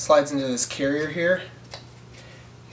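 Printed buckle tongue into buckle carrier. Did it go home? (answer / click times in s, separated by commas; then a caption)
yes / 1.7 s. Someone talks as a 3D-printed nylon buckle tongue is slid into its carrier, followed by a short, sharp click at 1.7 s. The tongue locks in place and can't come back out.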